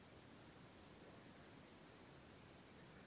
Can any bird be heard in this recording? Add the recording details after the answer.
no. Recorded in France